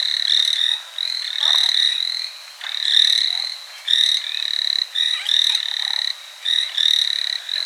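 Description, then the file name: Chinese tree frogs in a dense chorus of rasping, pulsed croaks, given in repeated bursts. "Hyla chinensis"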